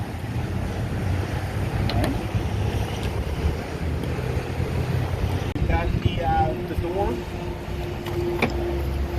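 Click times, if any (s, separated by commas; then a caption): 8.4 s. On a 2021 Grady-White 307 Freedom boat, the transom side door swings inward and locks into its latch on the hull with a sharp click at 8.4 seconds. Someone talks over steady low wind and rumble.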